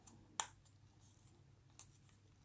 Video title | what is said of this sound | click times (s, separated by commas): Build the Ferrari F40 - The first brake disc | we go so that's all clicked into place there | 0.4 s